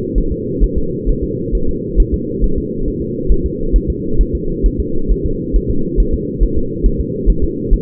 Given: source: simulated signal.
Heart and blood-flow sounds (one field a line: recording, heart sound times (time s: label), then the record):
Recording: fetal heart sounds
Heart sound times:
0.18 s: S1
0.32 s: S2
0.64 s: S1
0.78 s: S2
1.09 s: S1
1.23 s: S2
1.55 s: S1
1.69 s: S2
2.00 s: S1
2.14 s: S2
2.44 s: S1
2.58 s: S2
2.88 s: S1
3.02 s: S2
3.32 s: S1
3.46 s: S2
3.76 s: S1
3.90 s: S2
4.21 s: S1
4.35 s: S2
4.66 s: S1
4.80 s: S2
5.11 s: S1
5.26 s: S2
5.56 s: S1
5.70 s: S2
6.00 s: S1
6.14 s: S2
6.43 s: S1
6.58 s: S2
6.86 s: S1
7.01 s: S2
7.30 s: S1
7.44 s: S2
7.73 s: S1
From the record:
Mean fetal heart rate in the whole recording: 135 bpm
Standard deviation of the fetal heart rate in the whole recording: 3 bpm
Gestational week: 36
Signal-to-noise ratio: -8.1 dB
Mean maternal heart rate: 72 bpm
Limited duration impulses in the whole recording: present